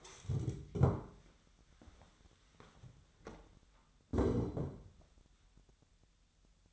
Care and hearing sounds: daily activity, microphone in the room; stand up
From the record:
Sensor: 3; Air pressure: 1015.2 hPa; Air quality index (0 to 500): 172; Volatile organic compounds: 14 ppm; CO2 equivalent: 2474 ppm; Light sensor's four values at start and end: 15/38/15/16 and 15/39/15/17

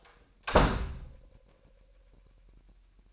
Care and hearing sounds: daily activity, microphone in the room; close door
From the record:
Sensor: 2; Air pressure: 998.3 hPa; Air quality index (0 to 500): 139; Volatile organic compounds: 4 ppm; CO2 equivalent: 1571 ppm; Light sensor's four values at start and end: 12/35/14/14 and 12/35/14/14

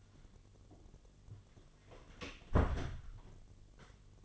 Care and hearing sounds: daily activity, microphone in the room; close door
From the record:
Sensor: 4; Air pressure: 1007.9 hPa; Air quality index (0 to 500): 186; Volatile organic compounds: 6 ppm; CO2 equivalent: 1864 ppm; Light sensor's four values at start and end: 23/72/27/26 and 24/75/28/27

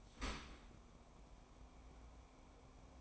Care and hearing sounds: daily activity, microphone in the room; open dishwasher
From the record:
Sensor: 1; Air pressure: 1012.4 hPa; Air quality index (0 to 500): 170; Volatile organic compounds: 3 ppm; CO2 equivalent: 1391 ppm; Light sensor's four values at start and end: 438/970/440/481 and 419/926/420/457

